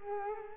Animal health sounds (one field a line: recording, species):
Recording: mosquito wingbeat signal from an infrared sensor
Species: Culex quinquefasciatus